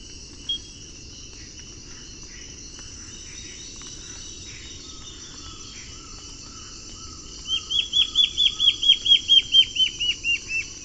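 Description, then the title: Black-faced antbird song: after quiet background hiss, a rapid run of many downslurred whistles that rises in volume and then fades slightly. Subspecies ochrolaemus, assumed from the recording location. "LuckyPassaro Completos2Sama. Black-faced Antbird (Myrmoborus myotherinus ochrolaemus (ssp assumed from location))"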